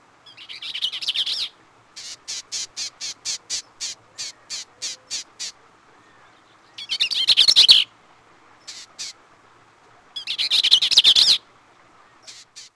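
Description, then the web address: Bell's vireo singing: three quick, scratchy chattering phrases separated by runs of evenly spaced high ticks. "Peterson North American Birds"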